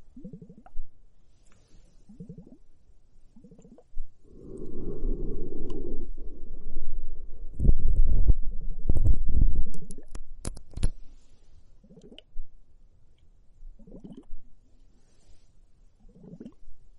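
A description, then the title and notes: Soft bubbling and foamy fizz, with a dense crackling wash from about 4 to 10 seconds. Sharp clicks and pops cluster around 8 to 11 seconds, while low, muffled gurgles recur every couple of seconds before and after. Foamy hourglass, comfortable bubble spa massage ears.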